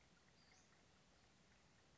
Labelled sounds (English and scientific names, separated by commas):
Western Flycatcher (Empidonax difficilis)